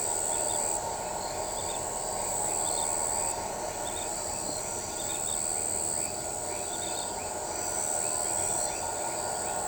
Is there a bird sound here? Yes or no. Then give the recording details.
no. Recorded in shrubland near Pivijay, Magdalena, Colombia, on 15 April 2023 at 23:00. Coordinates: 10.453, -74.365. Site P5-G022